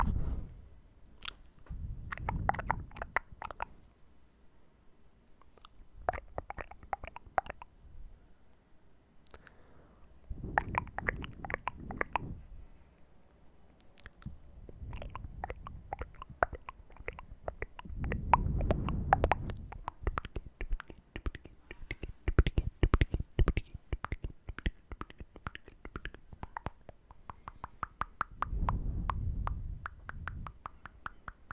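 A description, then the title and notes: Ear nibbles and mouth sounds: wet, crackling clicks and smacks come in dense clusters with brief pauses between them. Soft, low bursts of breath or muffled mouth pressure swell up every few seconds, around 2, 11, 18 and 29 seconds. YOUR ear nibbles & mouth sounds ASMR.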